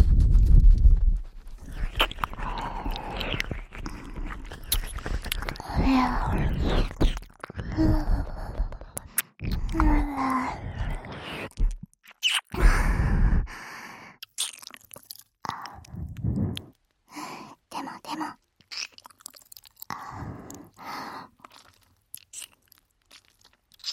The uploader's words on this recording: ASMR Fast Ear Eating.